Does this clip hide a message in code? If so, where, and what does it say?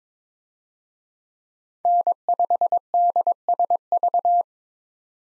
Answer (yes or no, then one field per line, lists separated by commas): yes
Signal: Morse code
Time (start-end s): 1.9-4.4 s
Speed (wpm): 22 wpm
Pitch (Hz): 700 Hz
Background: none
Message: N5DSV